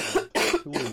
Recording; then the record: coughing mixed with background sound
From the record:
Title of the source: 61 morning phlegmy cough...again